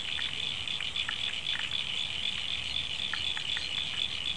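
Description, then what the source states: Frog chorus, a continuous high buzzing trill of rapid pulses, with occasional brief clicking notes cutting through. Frogs calling after rain, February 2011.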